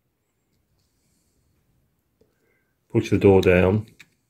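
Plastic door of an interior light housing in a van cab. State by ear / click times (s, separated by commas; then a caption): not seated / none. The small plastic door of an interior light housing in an Aixam Mega Multitruck van cab is being handled and pushed down, but it has not clicked shut or seated yet. The clip is nearly silent except for a faint tick around 2.2 seconds, then someone talks from about 2.9 to 4.0 seconds.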